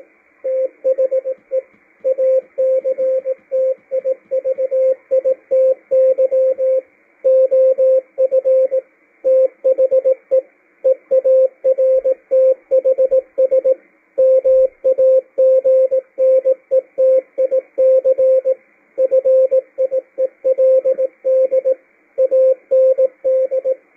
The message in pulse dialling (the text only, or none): none